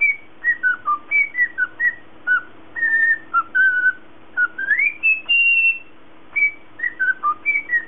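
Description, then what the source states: Cockatiel whistles a string of short pure notes building to a long rising glide and held tone, then further brief whistles, over a low hum. Lutino colour variety.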